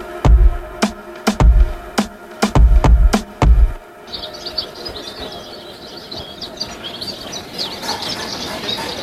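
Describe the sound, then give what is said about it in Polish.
A series of sharp, heavy clacks gives way to a sparrow perched on a table chirping: quick, high, busy little chirps repeating over a steady background hum. “Z bagien Ukrainy i Białorusi wyciągnął mnie wróbel. Przysiadł na stoliku i wpatrywał się czarnymi oczkami w ciastko na spodku obok mojej kawy.”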